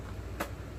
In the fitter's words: Nah sampai bunyi tek gitu ya guys kalau nusuknya ini.